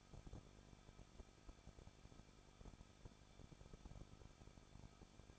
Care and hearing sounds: daily activity, microphone in the room; no activity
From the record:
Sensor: 5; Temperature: 20.9 degrees Celsius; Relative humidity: 38.1%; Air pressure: 1006.5 hPa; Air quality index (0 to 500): 187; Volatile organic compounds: 18 ppm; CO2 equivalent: 2618 ppm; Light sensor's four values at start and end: 2/3/1/1 and 2/3/1/1

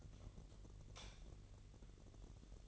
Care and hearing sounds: daily activity, microphone in the room; light off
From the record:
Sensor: 4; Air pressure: 1012.7 hPa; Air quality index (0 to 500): 249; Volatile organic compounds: 4 ppm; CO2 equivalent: 1687 ppm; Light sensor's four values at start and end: 17/42/17/18 and 14/32/13/13

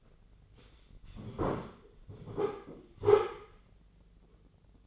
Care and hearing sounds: daily activity, microphone in the room; sit down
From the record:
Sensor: 4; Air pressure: 996.7 hPa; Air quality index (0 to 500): 241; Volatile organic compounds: 349 ppm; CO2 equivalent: 4581 ppm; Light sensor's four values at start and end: 46/113/47/46 and 46/113/47/46

